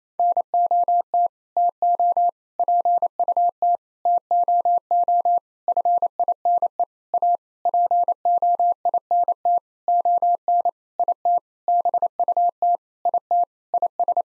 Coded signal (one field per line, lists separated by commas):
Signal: Morse code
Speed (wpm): 28 wpm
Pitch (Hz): 700 Hz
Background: none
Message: NOT TO PUT TOO FINE A POINT ON IT BUT IT IS